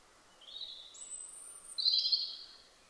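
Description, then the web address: European robin song: a thin high whistle, then a higher drawn-out note, ending in a louder, brighter warbled phrase, over a faint hiss. "Deverinetal 2025 File origin Bird Only Er Ru"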